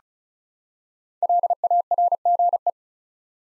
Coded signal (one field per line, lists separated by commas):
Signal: Morse code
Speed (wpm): 34 wpm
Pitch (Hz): 700 Hz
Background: none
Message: LARGE